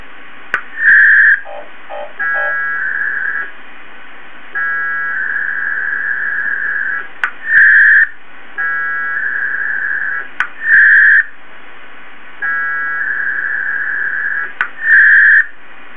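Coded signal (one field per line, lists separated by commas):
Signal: packet radio (AX.25, as in APRS)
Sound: alternating short and longer warbling data bursts with clicks between, back-and-forth exchange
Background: radio static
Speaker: use the 706 and mix W to connect to this mailbox and you can watch how it transmits back and forth and it acknowledges the package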